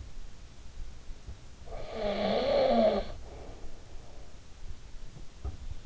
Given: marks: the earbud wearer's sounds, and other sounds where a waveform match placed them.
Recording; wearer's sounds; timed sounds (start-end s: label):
sounds in sleep by an in-ear microphone; snoring breath
1.31-4.56 s: snoring breath